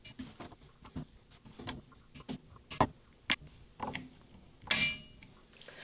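Scope ring cap screws on a Leupold muzzleloader scope mount are tightened in a cross pattern with a preset torque driver, with soft ticking and handling sounds throughout. The driver gives sharp clicks at its preset torque at 3.3 and 4.7 seconds, and the screws are confirmed correctly torqued.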